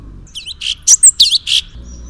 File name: suara kicauan cucak cungkok. omkicau